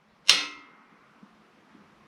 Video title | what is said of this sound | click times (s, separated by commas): Transform Your Jeep ZJ: Epic Rockhard 4x4 Bumper Install! | you're going to have one click | 0.3 s